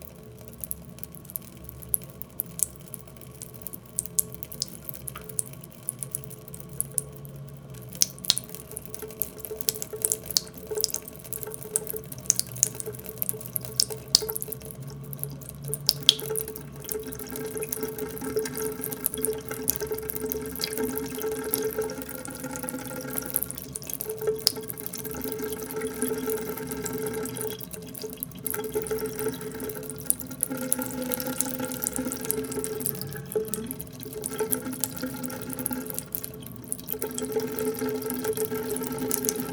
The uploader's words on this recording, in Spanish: La pieza está compuesta por una serie de registros realizados en diferentes localidades de la zona andina del Perú. Como la zona arqueológica de Tipón en el Cusco, donde se registraron una serie de texturas sonoras en un espacio dedicado al culto al agua. Para el registro se utilizaron distintos tipos de grabadoras y micrófonos.